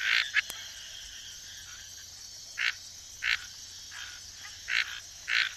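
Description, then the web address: Red-snouted treefrog giving sparse, grating notes with uneven pauses, against continuous high-pitched insect buzzing. Ecuadorian Amazon, South America. "Natures Songs S America Frogs of Ecuadorian Amazon Scinax rubra"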